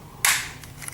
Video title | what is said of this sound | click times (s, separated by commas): Zblex French Reviews : Combiner Wars Megatron | donc ça se clipse, impeccable. | 0.2 s